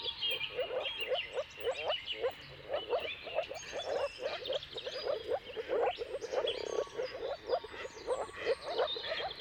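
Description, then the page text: Moor frog chorus: quick, soft, low bubbling notes from many frogs overlapping continuously, with faint bird song above. Mating calls of moor frogs in a chorus at sunrise, around the turn of March and April, depending on the weather. "Jakub-Orzecki moor frogs. Dawn’s Chorus: Mating Calls of Marsh Frogs at Sunrise - wp.earth.fm. Depending on the weather at the turn of March and April, you can witness an amazing spectacle of moor frogs"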